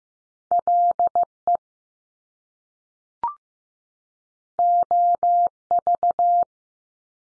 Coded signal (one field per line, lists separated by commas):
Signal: Morse code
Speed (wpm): 15 wpm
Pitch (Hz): 700 Hz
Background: none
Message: L E O V